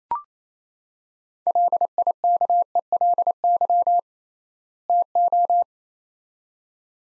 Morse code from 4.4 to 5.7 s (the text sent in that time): TO